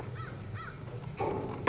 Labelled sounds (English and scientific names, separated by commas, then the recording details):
American Crow (Corvus brachyrhynchos)
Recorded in Sonoma County, California